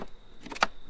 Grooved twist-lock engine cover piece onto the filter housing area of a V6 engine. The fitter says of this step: then you just twist it like that, locks in place.